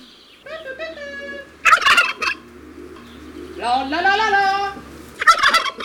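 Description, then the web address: Turkey gobbles in two rapid rattling bursts, alternating with drawn-out harmonic calls, plus a steady low hum behind. Turkey on a farm. "Le dindon. un jour a la ferme"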